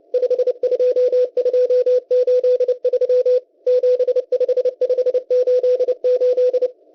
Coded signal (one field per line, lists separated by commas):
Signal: Morse code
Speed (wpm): 29 wpm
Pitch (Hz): 500 Hz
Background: radio noise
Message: 52283 75588